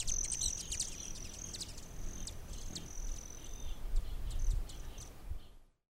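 Hummingbird calls: high thin whine and a string of ticking chips through most, over steady low rumbling background noise.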